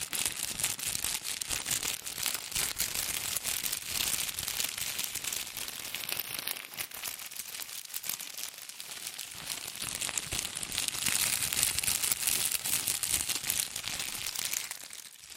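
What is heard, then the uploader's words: Fast tapping, scratching and tracing on cardboard and paper runs without pause for the whole stretch, a dense crinkly texture of quick strokes. The sound is bright and papery, heavier through the middle and easing slightly near the end. ASMR Fast CardboardPaper Tapping, Scratching, Tracing Sounds ( No Talking).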